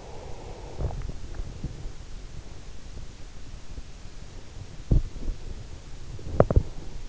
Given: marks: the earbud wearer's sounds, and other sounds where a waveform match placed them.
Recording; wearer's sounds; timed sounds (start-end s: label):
sounds in sleep by an in-ear microphone; breath, body movement
0.00-1.96 s: breath
4.72-7.08 s: body movement